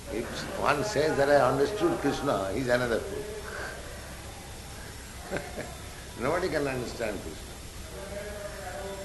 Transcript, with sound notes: If one says that "I understood Kṛṣṇa," he is another fool. [laughs] Nobody can understand Kṛṣṇa.